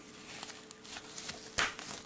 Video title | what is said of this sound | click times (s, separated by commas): Joie Brisk Pram Unboxing And Review Cherry Colour - Amazing Pram for the Price | sorry this is just pop that in and jobs we've got it and there we have our hood | 1.6 s